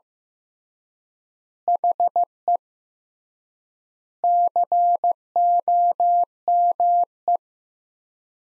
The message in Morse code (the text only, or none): HE COME